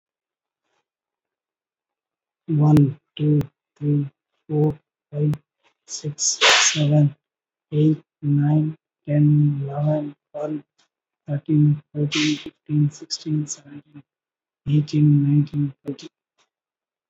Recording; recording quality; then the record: counting at a normal pace; excellent, no background noise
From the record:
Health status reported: recovered from COVID-19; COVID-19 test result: positive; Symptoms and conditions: cough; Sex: male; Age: 49 years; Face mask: worn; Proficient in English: yes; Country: India